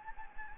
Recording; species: mosquito wingbeat signal from an infrared sensor; Anopheles gambiae